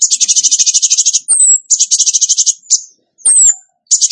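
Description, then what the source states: Bird song of rapid pulsing trills with two thin descending whistles between bursts. Masteran training recording for birds, in the tembakan gacor song style.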